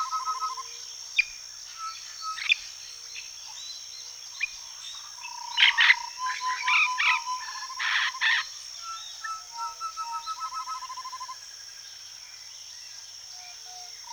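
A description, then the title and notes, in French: A swampy forest on Venezuela's north coast, with a high steady insect whine running throughout. Various bird calls come and go: short chirps early, a louder burst of rapid calls around six to eight seconds, then a trilling series fading out before eleven seconds. Forêt marécageuse de la côte nord (Vénézuela) by SolWind.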